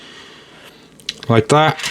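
A metal wire fan clip on a PCCOOLER RT500 TC ARGB CPU air cooler has one side pulled out and hooked into the groove of the heatsink's fin stack. A faint tick at 1.0 s is followed by a sharp metallic snap at 1.1 s as the clip seats, and then someone talks.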